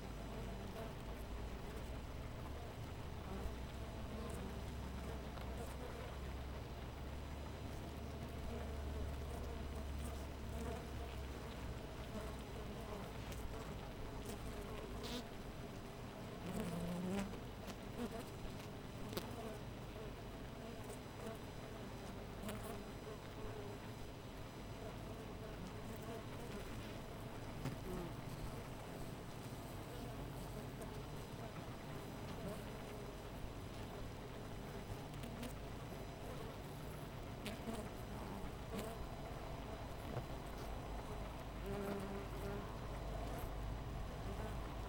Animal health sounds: honeybee colony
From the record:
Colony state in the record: missing queen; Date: 14 July 2017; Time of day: 5:31

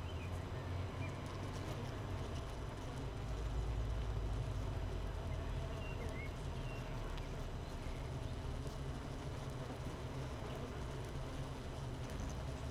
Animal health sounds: honeybee colony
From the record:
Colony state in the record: missing queen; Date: 31 May 2018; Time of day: 7:35

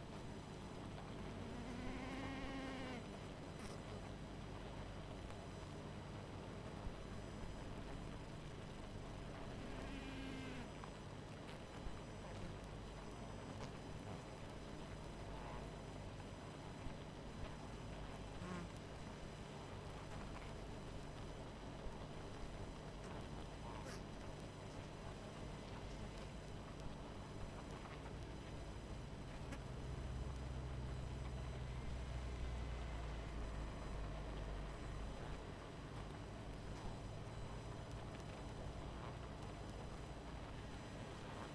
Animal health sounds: honeybee colony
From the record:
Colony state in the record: missing queen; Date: 14 July 2017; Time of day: 21:56

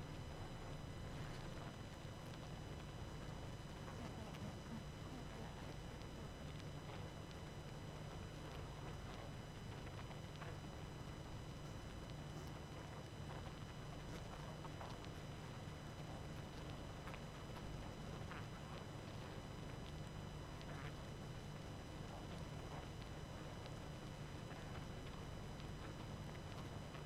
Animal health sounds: honeybee colony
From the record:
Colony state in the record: active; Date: 12 June 2018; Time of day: 23:50

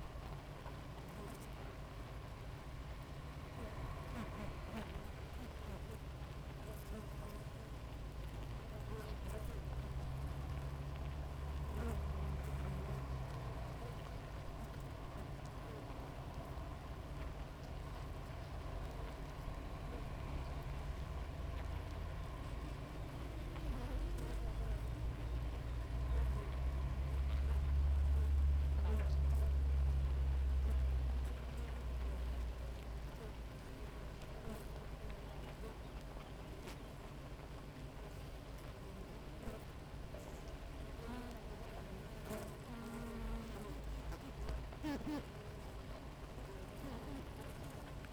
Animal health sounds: honeybee colony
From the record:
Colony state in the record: active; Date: 28 July 2017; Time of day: 6:17

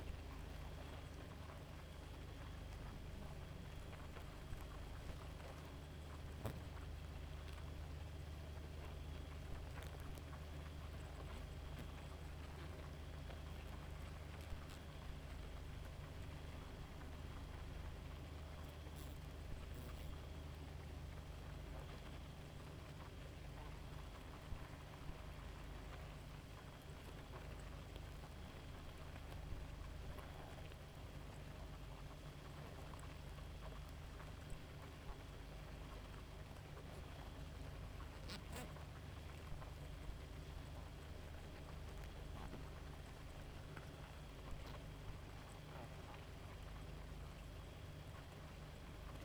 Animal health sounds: honeybee colony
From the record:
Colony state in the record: active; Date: 28 July 2017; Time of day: 0:35

